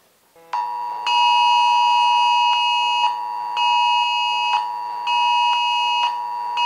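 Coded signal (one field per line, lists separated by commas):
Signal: Emergency Alert System (SAME) tones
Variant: 853 and 960 Hz attention tone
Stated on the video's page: Emergency alert received on three mobile phones over 4G/5G networks during a scheduled UK-wide national test.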